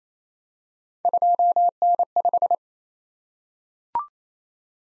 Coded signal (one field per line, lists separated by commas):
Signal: Morse code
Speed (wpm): 28 wpm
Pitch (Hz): 700 Hz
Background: none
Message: 2N5